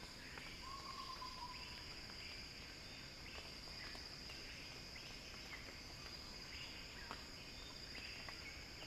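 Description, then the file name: Cicada drone, high and constant, joined early by a short warbling trill and by repeated soft chirping notes from other insects or birds. Cicada song building as a crescendo. "earth-fm Axel-Drioli Cicada-Crescendo-Sounding-Wild"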